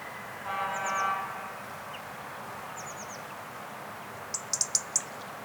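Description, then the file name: European robin song: thin, high descending notes in short groups, then a quick run of sharp high ticks. A lower, harmonic buzzy note sounds briefly near the start. "Erithacus rubecula"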